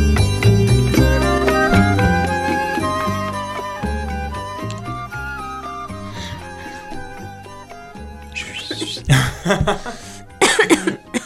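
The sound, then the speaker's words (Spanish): Music with steady tones plays and fades, then a man clears his throat and coughs in several harsh, broken bursts near the end. “Bueno, volvimos acá con un par de inconvenientes de carraspera.”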